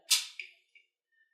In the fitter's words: firmly push the bottom center of the cartridge and you will hear it click when it's latched into position